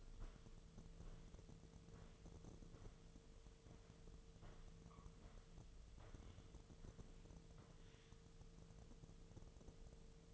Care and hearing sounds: daily activity, microphone in the room; walk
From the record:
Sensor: 4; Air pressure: 1006.3 hPa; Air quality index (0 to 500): 86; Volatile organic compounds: 2 ppm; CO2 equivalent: 1063 ppm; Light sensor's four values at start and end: 12/27/11/10 and 12/27/11/10

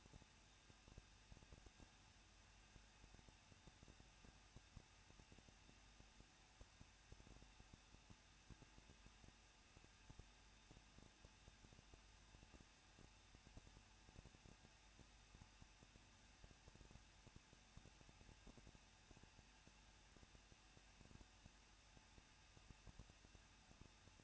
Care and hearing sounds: daily activity, microphone in the room; no activity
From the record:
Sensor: 2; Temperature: 21.0 degrees Celsius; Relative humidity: 37.3%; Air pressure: 1006.3 hPa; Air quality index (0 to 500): 221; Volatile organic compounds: 23 ppm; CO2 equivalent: 2789 ppm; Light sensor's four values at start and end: 2/3/2/2 and 2/3/2/2

